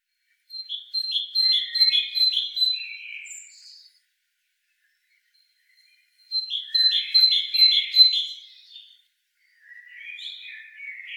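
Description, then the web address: Great tit calls in two rapid bursts of repeated sharp, ringing notes, each lasting about three seconds, with a softer, lower chattering phrase at the end. "SETE data Parus major"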